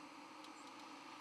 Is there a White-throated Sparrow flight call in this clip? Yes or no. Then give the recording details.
no. Another species' flight call is heard. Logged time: 02:47 on 1 November 2014